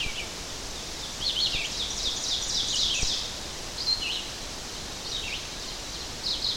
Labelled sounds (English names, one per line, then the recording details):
Ovenbird song
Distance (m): 40 m
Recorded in boreal forest in Alberta, Canada, on 12 June 2016 at 06:54
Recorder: SongMeter 3, array SBT-3-18
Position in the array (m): 245 m, 95 m
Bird 31